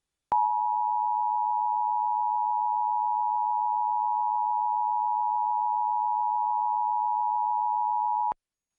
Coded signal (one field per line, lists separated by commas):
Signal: Emergency Alert System (SAME) tones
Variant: 853 and 960 Hz attention tone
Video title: (Fail?) EAS Required Monthly Test on Fox 5 Atlanta (WAGA-HD) (2/21/2024)